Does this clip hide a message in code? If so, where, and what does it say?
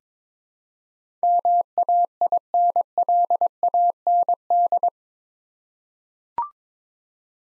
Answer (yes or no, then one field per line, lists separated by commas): yes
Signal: Morse code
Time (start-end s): 1.2-4.9 s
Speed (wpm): 21 wpm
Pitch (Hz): 700 Hz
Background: none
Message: MAINLAND